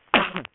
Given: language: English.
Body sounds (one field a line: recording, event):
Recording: throat vibration sensor signal played as sound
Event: cough